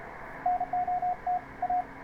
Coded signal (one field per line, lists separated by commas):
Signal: Morse code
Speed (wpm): 33 wpm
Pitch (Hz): 720 Hz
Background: radio noise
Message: NOT A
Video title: FINISHING THE TR-35 QRP TRANCEIVER BUILD!